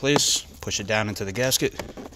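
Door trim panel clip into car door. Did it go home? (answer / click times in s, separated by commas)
no / none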